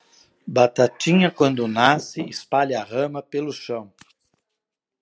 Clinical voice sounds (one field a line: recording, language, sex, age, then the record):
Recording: short text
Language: Brazilian Portuguese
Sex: male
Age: 50 to 59 years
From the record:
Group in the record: control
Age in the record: 56 years